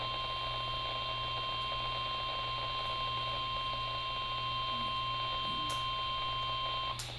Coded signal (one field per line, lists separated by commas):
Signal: Emergency Alert System (SAME) tones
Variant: 1050 Hz attention tone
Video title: Ur mpx station is testing eas 1541